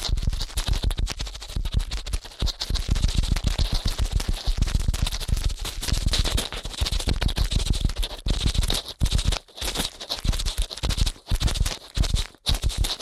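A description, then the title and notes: Rapid scratching and rubbing sounds of ear cleaning, dense and fast, with crisp bright crackle over a low, muffled thump. The strokes run almost without pause, broken by a few brief silences around the ninth, eleventh and twelfth seconds. ASMR Ear Cleaning at Helicopter Speed.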